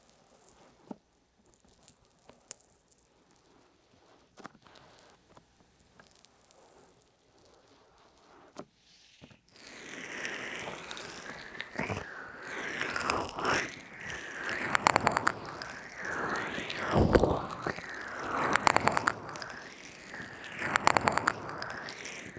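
Ear massage sounds: sparse soft taps and clicks for nine seconds, then continuous wet, squishy rubbing that swells and sweeps in rhythmic waves.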